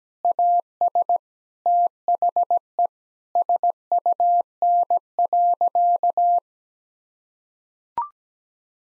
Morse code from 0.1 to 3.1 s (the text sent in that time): AS THE